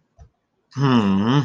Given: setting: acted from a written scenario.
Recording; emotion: vocal sound without words; disappointment